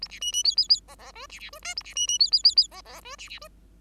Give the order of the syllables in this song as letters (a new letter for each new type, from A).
A B C C D D D E E F B B F G A B C C D D D D E E F B B F